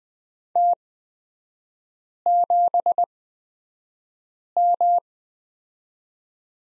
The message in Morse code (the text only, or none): T7M